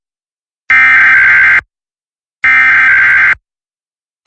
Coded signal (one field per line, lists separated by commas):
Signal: Emergency Alert System (SAME) tones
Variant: header bursts